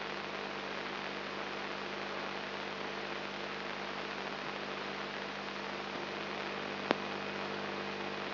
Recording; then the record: brain microelectrode recording played as sound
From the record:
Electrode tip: inside the subthalamic nucleus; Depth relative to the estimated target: 1 mm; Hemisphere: left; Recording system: AlphaMap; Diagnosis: Parkinson's disease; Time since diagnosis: 10 years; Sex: male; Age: 56 years